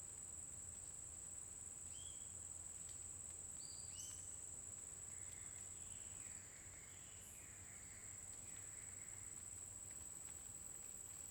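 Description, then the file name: Cricket sustaining an unbroken high trill; several bird whistles come early, then a series of lower drawn-out notes in the middle. Constant cricket sound in a forest during the day, with a bird singing at intervals. "Grilo constante na floresta dia passaro canta em intervalos"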